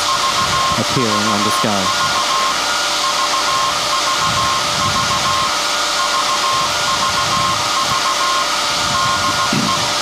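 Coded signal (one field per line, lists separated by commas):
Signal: Morse code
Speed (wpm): 16 wpm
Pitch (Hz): 1070 Hz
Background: speech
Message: VVV VVV VVV DE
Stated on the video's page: SAQ Grimeton transmission from the 1924 Alexanderson alternator, sent live for the UNESCO 50th anniversary.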